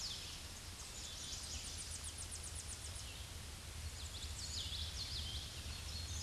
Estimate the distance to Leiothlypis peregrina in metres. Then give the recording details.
about 80 m. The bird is about 5 m above the microphone. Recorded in a Pennsylvania forest on 16 May 2024 at 08:27. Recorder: AudioMoth, point MSD-2429. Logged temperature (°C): 16.7 °C. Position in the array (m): 29 m, 101 m